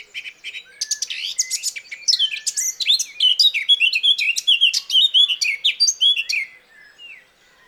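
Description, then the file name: Eurasian blackcap song: a soft, scratchy warble swelling into a loud, rapid run of varied whistled and chattering notes, fading out softly near the end. "Sylvia atricapilla"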